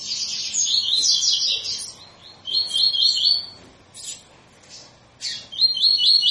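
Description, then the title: Double-collared seedeater singing repeated bursts of rapid, high, buzzy twittering, separated by short pauses. Tui-tui song style of a spirited ('fibra') bird, used as a teacher song for training young birds. "COLEIRO TUI TUI FIBRA"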